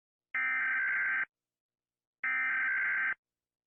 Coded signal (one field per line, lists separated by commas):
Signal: Emergency Alert System (SAME) tones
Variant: header bursts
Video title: Rating EAS alarms